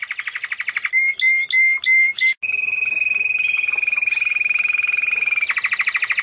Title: kicau gelatik